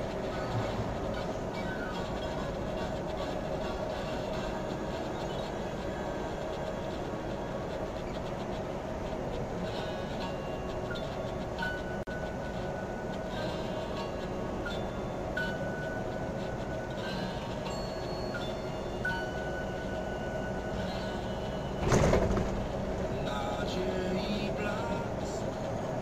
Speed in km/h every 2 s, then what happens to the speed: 41, 45, 38, 44, 42, 42, 42, 42, 42, 41, 42, 45, 46.
0-26 steady at about 42.